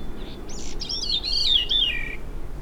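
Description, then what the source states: Veery song, a short downward-spiralling, flutey phrase that slides lower through fluid rolled notes, with a steady low rumble underneath. Song of a hybrid veery.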